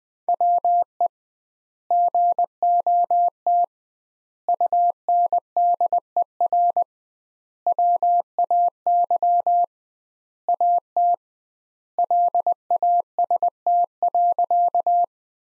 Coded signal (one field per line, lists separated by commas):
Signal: Morse code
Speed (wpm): 21 wpm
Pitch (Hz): 700 Hz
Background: none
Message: WE GOT UNDER WAY AT LAST.